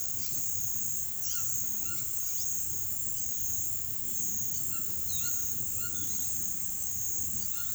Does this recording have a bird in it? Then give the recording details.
yes. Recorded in secondary vegetation near Puerto Asís, Putumayo, Colombia, on 19 February 2024 at 17:30. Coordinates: 0.500, -76.326. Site G6428